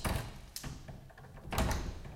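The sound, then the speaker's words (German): Metallic clicks and scrapes of keys being tried one after another in the door locks of a plenary hall, with a couple of sharper knocks against a door and quiet rattling between them. “Musst du probieren, welche Tür zu welchem Schlüssel.”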